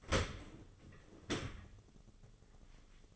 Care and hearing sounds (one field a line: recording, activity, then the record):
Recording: daily activity, microphone in the room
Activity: open dishwasher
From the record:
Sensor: 4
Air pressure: 996.7 hPa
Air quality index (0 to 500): 87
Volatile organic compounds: 4 ppm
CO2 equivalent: 1691 ppm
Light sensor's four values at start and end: 20/54/21/23 and 20/55/21/23